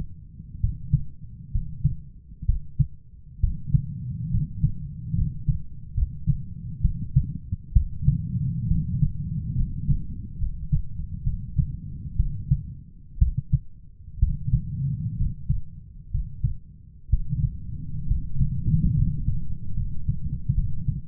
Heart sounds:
heart sounds by stethoscope; 66 bpm
0.59 s: heartbeat
1.51 s: heartbeat
2.45 s: heartbeat
3.39 s: heartbeat
4.30 s: heartbeat
5.14 s: heartbeat
5.93 s: heartbeat
6.81 s: heartbeat
7.72 s: heartbeat
8.67 s: heartbeat
9.54 s: heartbeat
10.37 s: heartbeat
11.23 s: heartbeat
12.16 s: heartbeat
13.18 s: heartbeat
14.19 s: heartbeat
15.16 s: heartbeat
16.10 s: heartbeat
17.09 s: heartbeat
18.07 s: heartbeat
18.95 s: heartbeat
19.75 s: heartbeat
20.54 s: heartbeat
From the record:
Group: healthy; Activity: rest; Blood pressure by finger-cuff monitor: 119/68 mmHg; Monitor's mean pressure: 82 mmHg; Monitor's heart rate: 64 bpm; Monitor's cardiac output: 7.3 L/min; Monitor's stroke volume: 112 mL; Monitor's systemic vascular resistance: 830 dyn s/cm5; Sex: male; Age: 23 years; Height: 178 cm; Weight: 96.6 kg

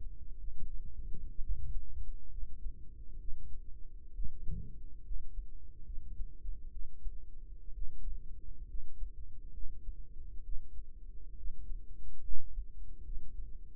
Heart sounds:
heart sounds by microphone in the right ear; 66 bpm
0.39 s: heartbeat
1.40 s: heartbeat
2.29 s: heartbeat
3.19 s: heartbeat
4.13 s: heartbeat
5.02 s: heartbeat
5.84 s: heartbeat
6.71 s: heartbeat
7.72 s: heartbeat
8.66 s: heartbeat
9.51 s: heartbeat
10.43 s: heartbeat
11.35 s: heartbeat
12.22 s: heartbeat
13.03 s: heartbeat
From the record:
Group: healthy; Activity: rest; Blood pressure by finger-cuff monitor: 102/64 mmHg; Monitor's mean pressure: 74 mmHg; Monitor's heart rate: 69 bpm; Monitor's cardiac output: 5.1 L/min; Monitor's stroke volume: 77 mL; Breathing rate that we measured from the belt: 17 breaths a minute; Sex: female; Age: 36 years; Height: 163 cm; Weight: 88 kg

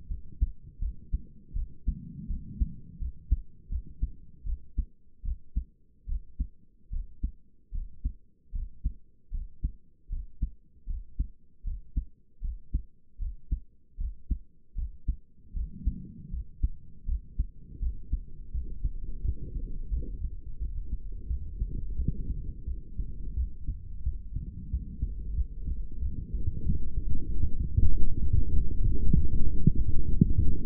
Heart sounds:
heart sounds by stethoscope; 83 bpm
0.09 s: heartbeat
0.80 s: heartbeat
1.54 s: heartbeat
2.28 s: heartbeat
2.99 s: heartbeat
3.70 s: heartbeat
4.45 s: heartbeat
5.24 s: heartbeat
6.07 s: heartbeat
6.91 s: heartbeat
7.73 s: heartbeat
8.53 s: heartbeat
9.32 s: heartbeat
10.10 s: heartbeat
10.87 s: heartbeat
11.64 s: heartbeat
12.42 s: heartbeat
13.19 s: heartbeat
13.98 s: heartbeat
14.75 s: heartbeat
15.54 s: heartbeat
16.31 s: heartbeat
17.06 s: heartbeat
17.80 s: heartbeat
18.52 s: heartbeat
19.22 s: heartbeat
19.91 s: heartbeat
20.59 s: heartbeat
21.28 s: heartbeat
21.96 s: heartbeat
22.66 s: heartbeat
23.35 s: heartbeat
24.04 s: heartbeat
24.71 s: heartbeat
25.35 s: heartbeat
26.01 s: heartbeat
26.64 s: heartbeat
27.27 s: heartbeat
27.90 s: heartbeat
28.52 s: heartbeat
29.14 s: heartbeat
29.76 s: heartbeat
30.38 s: heartbeat
From the record:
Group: healthy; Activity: rest 0-26 s, light exercise 26-31 s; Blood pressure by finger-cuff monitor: 90/59 mmHg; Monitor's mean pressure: 69 mmHg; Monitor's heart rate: 81 bpm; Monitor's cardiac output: 6.2 L/min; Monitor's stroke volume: 77 mL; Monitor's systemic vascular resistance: 830 dyn s/cm5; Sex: female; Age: 22 years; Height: 163 cm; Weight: 67.1 kg

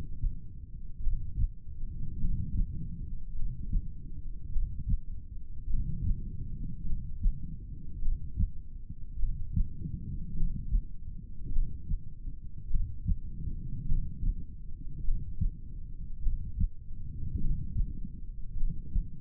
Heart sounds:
heart sounds by stethoscope; 51 bpm
1.04 s: heartbeat
2.21 s: heartbeat
3.37 s: heartbeat
4.53 s: heartbeat
5.71 s: heartbeat
6.87 s: heartbeat
8.03 s: heartbeat
9.20 s: heartbeat
10.37 s: heartbeat
11.53 s: heartbeat
12.71 s: heartbeat
13.89 s: heartbeat
15.05 s: heartbeat
16.24 s: heartbeat
17.42 s: heartbeat
18.58 s: heartbeat
From the record:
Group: heart failure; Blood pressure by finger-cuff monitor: 100/53 mmHg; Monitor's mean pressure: 68 mmHg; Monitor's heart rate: 51 bpm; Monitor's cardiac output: 4.6 L/min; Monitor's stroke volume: 89 mL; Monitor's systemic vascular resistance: 1060 dyn s/cm5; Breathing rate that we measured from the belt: 16 breaths a minute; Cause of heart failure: cardiac sarcoid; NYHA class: 1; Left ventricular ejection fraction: 39%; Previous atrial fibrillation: present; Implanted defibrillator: present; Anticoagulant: apixaban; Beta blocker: carvedilol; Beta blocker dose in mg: 50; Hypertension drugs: ramipril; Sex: male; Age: 79 years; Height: 184 cm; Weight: 92.5 kg

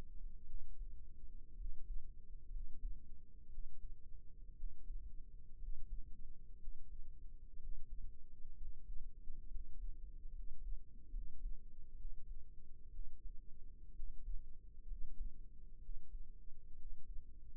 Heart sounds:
heart sounds by microphone in the right ear; 63 bpm
0.45 s: heartbeat
1.55 s: heartbeat
2.50 s: heartbeat
3.49 s: heartbeat
4.54 s: heartbeat
5.58 s: heartbeat
6.58 s: heartbeat
7.57 s: heartbeat
8.55 s: heartbeat
9.48 s: heartbeat
10.32 s: heartbeat
11.11 s: heartbeat
11.96 s: heartbeat
12.90 s: heartbeat
13.94 s: heartbeat
14.86 s: heartbeat
15.80 s: heartbeat
16.76 s: heartbeat
From the record:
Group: healthy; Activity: rest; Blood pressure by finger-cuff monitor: 84/54 mmHg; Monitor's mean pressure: 65 mmHg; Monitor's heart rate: 62 bpm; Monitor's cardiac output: 5.2 L/min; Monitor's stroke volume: 88 mL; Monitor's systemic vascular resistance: 860 dyn s/cm5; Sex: male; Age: 22 years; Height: 181 cm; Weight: 79 kg

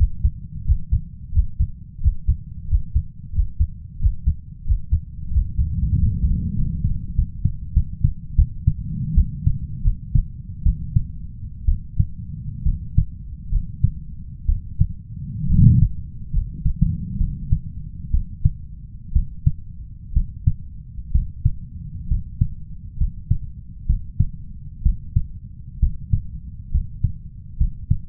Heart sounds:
heart sounds by stethoscope; 74 bpm
0.64 s: heartbeat
1.31 s: heartbeat
2.00 s: heartbeat
2.67 s: heartbeat
3.32 s: heartbeat
3.98 s: heartbeat
4.64 s: heartbeat
5.30 s: heartbeat
5.96 s: heartbeat
6.55 s: heartbeat
7.15 s: heartbeat
7.73 s: heartbeat
8.35 s: heartbeat
9.14 s: heartbeat
9.82 s: heartbeat
10.63 s: heartbeat
11.65 s: heartbeat
12.63 s: heartbeat
13.49 s: heartbeat
14.46 s: heartbeat
15.47 s: heartbeat
16.31 s: heartbeat
17.18 s: heartbeat
18.11 s: heartbeat
19.13 s: heartbeat
20.13 s: heartbeat
21.12 s: heartbeat
22.08 s: heartbeat
22.98 s: heartbeat
23.86 s: heartbeat
24.83 s: heartbeat
25.79 s: heartbeat
26.71 s: heartbeat
27.57 s: heartbeat
From the record:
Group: healthy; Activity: Valsalva maneuver 0-4 s, rest 4-28 s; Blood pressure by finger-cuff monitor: 119/78 mmHg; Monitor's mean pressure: 89 mmHg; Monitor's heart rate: 69 bpm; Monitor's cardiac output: 5.4 L/min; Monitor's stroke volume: 80 mL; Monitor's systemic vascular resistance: 1100 dyn s/cm5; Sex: male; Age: 21 years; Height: 170 cm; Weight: 71 kg

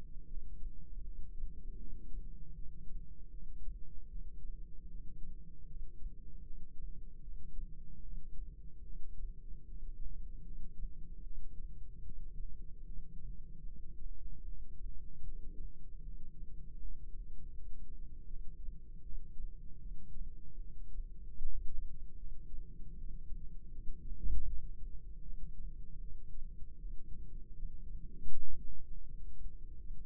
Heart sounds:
heart sounds by microphone in the right ear; 77 bpm
0.25 s: heartbeat
1.02 s: heartbeat
1.77 s: heartbeat
2.53 s: heartbeat
3.30 s: heartbeat
4.08 s: heartbeat
4.88 s: heartbeat
5.65 s: heartbeat
6.42 s: heartbeat
7.21 s: heartbeat
8.01 s: heartbeat
8.83 s: heartbeat
9.64 s: heartbeat
10.43 s: heartbeat
11.22 s: heartbeat
12.02 s: heartbeat
12.83 s: heartbeat
13.64 s: heartbeat
14.44 s: heartbeat
15.23 s: heartbeat
16.01 s: heartbeat
16.78 s: heartbeat
17.52 s: heartbeat
18.26 s: heartbeat
19.02 s: heartbeat
19.79 s: heartbeat
20.57 s: heartbeat
21.36 s: heartbeat
22.16 s: heartbeat
22.94 s: heartbeat
23.70 s: heartbeat
24.45 s: heartbeat
25.22 s: heartbeat
26.00 s: heartbeat
26.78 s: heartbeat
27.53 s: heartbeat
28.27 s: heartbeat
29.02 s: heartbeat
29.78 s: heartbeat
From the record:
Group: healthy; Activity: rest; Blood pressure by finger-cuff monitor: 163/109 mmHg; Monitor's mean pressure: 128 mmHg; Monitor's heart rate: 77 bpm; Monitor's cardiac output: 4.7 L/min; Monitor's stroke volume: 62 mL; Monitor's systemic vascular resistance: 2040 dyn s/cm5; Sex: female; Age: 51 years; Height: 162 cm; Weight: 70.04 kg

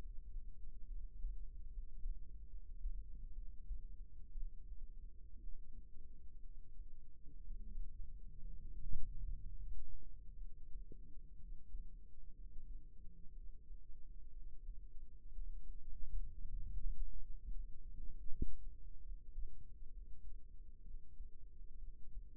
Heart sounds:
heart sounds by microphone in the right ear; 63 bpm
0.87 s: heartbeat
1.68 s: heartbeat
2.48 s: heartbeat
3.31 s: heartbeat
4.31 s: heartbeat
5.37 s: heartbeat
6.39 s: heartbeat
7.42 s: heartbeat
8.39 s: heartbeat
9.37 s: heartbeat
10.36 s: heartbeat
11.36 s: heartbeat
12.32 s: heartbeat
13.31 s: heartbeat
14.30 s: heartbeat
15.31 s: heartbeat
16.26 s: heartbeat
17.19 s: heartbeat
18.09 s: heartbeat
19.00 s: heartbeat
19.89 s: heartbeat
20.80 s: heartbeat
21.77 s: heartbeat
From the record:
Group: healthy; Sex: female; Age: 37 years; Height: 168 cm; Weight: 70 kg

